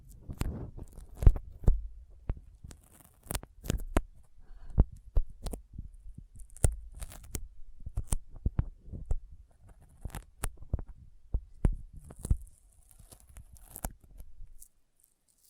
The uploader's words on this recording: ASMR Intense Sticky Finger Sounds (No Talking).